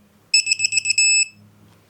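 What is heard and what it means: A torque wrench tightens the starter idler gear screw, coated with blue threadlocker, to 7.4 ft-lb. The wrench gives a series of rapid electronic beeps starting at 0.3 s, then one longer steady tone that ends near 1.3 s. The beeping marks the wrench reaching its set torque.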